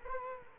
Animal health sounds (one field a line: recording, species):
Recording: mosquito wingbeat signal from an infrared sensor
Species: Culex quinquefasciatus